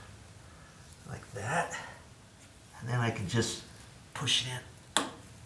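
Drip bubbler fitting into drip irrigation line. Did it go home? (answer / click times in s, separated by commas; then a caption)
yes / 5.0 s. A drip bubbler fitting is held close to a drip irrigation line with pliers and pushed in by hand while someone talks. A sharp snap at 4.9 s marks the fitting seating in the line.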